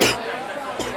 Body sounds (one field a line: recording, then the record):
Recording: coughing mixed with background sound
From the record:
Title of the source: 61 morning phlegmy cough...again